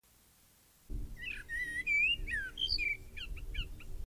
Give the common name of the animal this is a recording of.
Common Blackbird